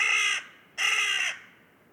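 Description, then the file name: Carrion crow calls: a harsh caw cut off at the start, then a second longer, raspy caw after a short pause. "Corvus corone"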